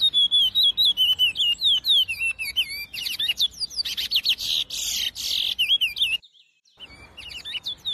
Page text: lucas passarinho CURIÓ (Sporophila Angolensis) #natureza #curiócantando